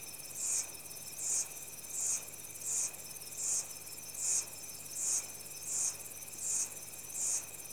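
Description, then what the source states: Insect chorus with regular high-pitched pulses, each burst lasting about a quarter second and recurring roughly every 0.75 seconds above a constant shrill background drone. Insects in tropical rainforest, Central African Republic, early evening.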